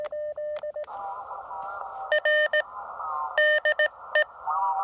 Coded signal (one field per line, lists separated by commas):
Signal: Morse code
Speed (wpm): 17 wpm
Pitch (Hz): 1800 Hz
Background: none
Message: R DE